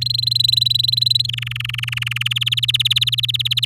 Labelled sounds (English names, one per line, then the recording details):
Domestic Canary song
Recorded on 10 May 2018 at 06:21
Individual llb16